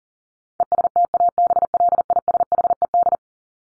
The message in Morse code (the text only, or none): ESTABLISHED